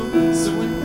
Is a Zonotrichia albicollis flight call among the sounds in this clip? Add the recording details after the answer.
no. No flight call is heard. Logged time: 01:36 on 4 September 2014